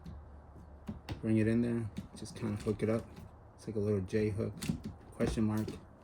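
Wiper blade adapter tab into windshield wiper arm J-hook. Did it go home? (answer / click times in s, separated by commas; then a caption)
no / none. A wiper blade assembly is handled and hooked onto the J-hook of a windshield wiper arm on a 2021–2023 Toyota Venza while someone talks. Brief handling taps sound near 0.9 and 1.1 s. The blade's adapter tab has not yet clicked into the arm, and nothing has seated yet.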